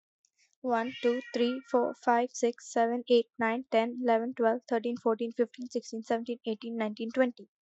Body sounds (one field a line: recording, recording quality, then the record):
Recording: counting at a fast pace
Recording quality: excellent, no background noise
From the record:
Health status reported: COVID-19 positive, mild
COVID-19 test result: positive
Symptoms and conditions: cold, fever, fatigue, muscle pain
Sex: female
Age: 22 years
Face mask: not worn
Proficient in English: yes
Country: India